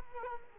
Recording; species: mosquito wingbeat signal from an infrared sensor; Culex quinquefasciatus